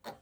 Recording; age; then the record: pig call; piglet (1 to 25 days)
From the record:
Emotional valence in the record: negative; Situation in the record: restrain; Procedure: back test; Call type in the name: low-frequency call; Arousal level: medium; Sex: male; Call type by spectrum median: low-frequency call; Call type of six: low-frequency tonal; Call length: 0.22 s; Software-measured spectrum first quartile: 624 Hz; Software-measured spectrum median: 1066 Hz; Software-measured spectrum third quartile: 3406 Hz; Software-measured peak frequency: 804 Hz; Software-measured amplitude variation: 246 dB a second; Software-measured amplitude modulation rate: 2.2 a second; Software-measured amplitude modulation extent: 109.8 dB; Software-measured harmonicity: -0.5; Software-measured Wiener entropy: -1.92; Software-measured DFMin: 427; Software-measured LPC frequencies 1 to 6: 731, 1803, 3723, 4341, 5563, 6697 Hz